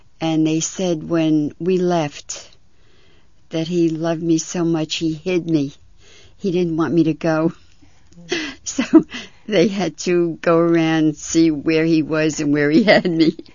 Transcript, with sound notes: And they said when we left that he loved me so much he hid me. He didn't want me to go. ( she laughs ) So they had to go around and see where he was and where he had me.